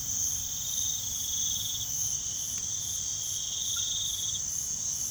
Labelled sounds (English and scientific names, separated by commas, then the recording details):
none
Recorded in pastures near Puerto Asís, Putumayo, Colombia, on 4 March 2025 at 05:00
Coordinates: 0.487, -76.322
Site G077